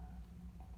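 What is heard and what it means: The steel blade of a handmade Minowe Japanese Damascus steel folding pocket knife is handled and worked toward its handle, with low rumbling handling noise and a faint short tick around 0.6 s. Nothing has seated or clicked yet; the blade has not snapped into place by the end.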